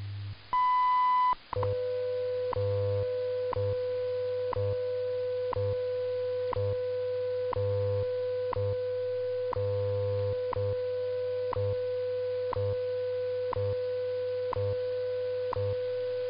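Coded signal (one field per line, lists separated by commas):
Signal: radio time signal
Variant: WWV/WWVH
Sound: short high tone, then a steady low hum-tone with a click every second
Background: radio static, low hum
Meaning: The long 1000 Hz tone marks the start of a minute; ticks mark seconds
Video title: 20 minutes of WWV and WWVH on 10MHz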